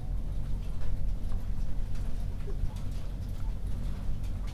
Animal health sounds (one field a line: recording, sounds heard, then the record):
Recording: poultry house recording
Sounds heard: healthy chickens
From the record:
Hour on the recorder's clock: 21